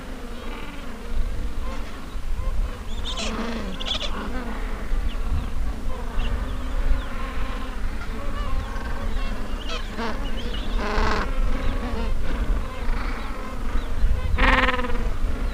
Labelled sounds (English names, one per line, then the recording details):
Gentoo Penguin
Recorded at the colony at Sea Lion Island, on 19 December 2014
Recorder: Song Meter SM2+